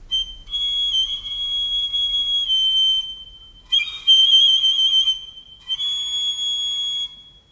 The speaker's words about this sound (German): Hätte ich eine solche Pfeife, so würde ich Tag und Nacht pfeifen. Im Schlafe würde ich pfeifen.